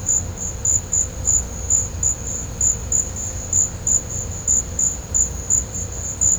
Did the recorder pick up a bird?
no